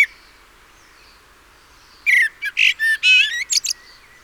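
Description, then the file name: Common blackbird calls: after two quiet seconds, a rapid run of harsh, squawky and squeaky notes, some rising, delivered in an irregular cluster. "Turdus merula"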